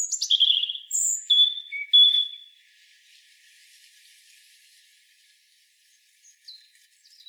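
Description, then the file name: European robin singing a few clear sliding whistles and high notes, then fading into faint rustling before soft thin notes return. "Erithacus rubecula"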